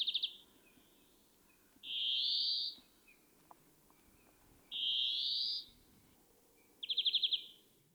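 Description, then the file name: European greenfinch calling: two drawn-out wheezy buzzes framed by brief rapid trills, with soft background hiss. "Chloris chloris"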